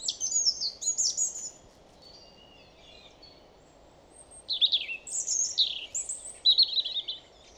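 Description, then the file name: European robin singing high, sweet, changeable phrases with sharp whistles and tinkling trills, one burst at the start and another after a short silence, over low constant noise. "Erithacus rubecula"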